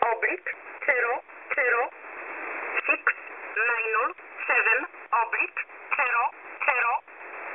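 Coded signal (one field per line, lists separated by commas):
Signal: numbers station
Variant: E11 Oblique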